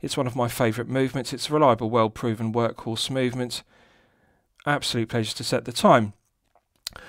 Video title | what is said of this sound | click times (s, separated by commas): Ironwatch RX8001 4K Watch Review (Submariner Homage) | pushing it back in it's got a nice positive click and that restarts the second hand as you can see | 6.9 s